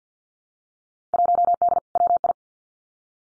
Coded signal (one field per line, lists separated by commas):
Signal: Morse code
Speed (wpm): 50 wpm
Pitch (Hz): 700 Hz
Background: none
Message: 1D WI